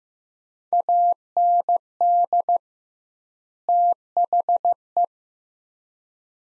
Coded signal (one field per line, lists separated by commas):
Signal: Morse code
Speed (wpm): 15 wpm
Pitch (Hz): 700 Hz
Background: none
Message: AND THE